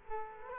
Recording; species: mosquito wingbeat signal from an infrared sensor; Culex quinquefasciatus